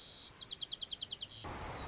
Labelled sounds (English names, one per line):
White-crowned Sparrow